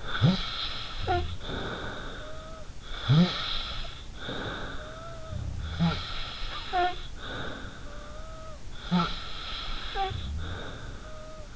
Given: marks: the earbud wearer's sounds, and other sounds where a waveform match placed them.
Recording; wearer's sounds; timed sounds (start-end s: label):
sounds in sleep by an in-ear microphone; snoring breath
0.00-2.74 s: snoring breath
1.00-2.18 s: sound from someone else or the room
2.94-5.52 s: snoring breath
5.19-6.23 s: sound from someone else or the room
5.68-8.64 s: snoring breath
8.82-11.56 s: snoring breath